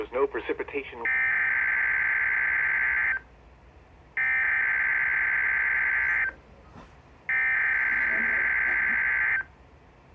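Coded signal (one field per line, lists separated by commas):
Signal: Emergency Alert System (SAME) tones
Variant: header bursts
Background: speech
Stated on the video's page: Required Weekly Test on NOAA Weather Radio transmitter, received with 74-105XL and ER102 radios.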